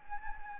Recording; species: mosquito wingbeat signal from an infrared sensor; Anopheles gambiae